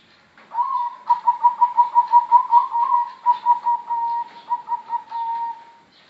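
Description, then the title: Zebra dove song: one complete phrase of quick, pulsing coos, loud and bubbling at first, then slowing and softening toward the close. Bangkok type zebra dove with a melodious song, used as a masteran tutor for other birds. "mster Mnuk. suara perkutut bangkok merdu untuk masteran"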